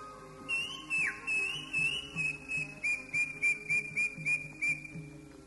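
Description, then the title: Oriental magpie-robin song: clear high whistles, one sweeping downward slur, then a quick even run of short bright notes. "Kicau Kacer"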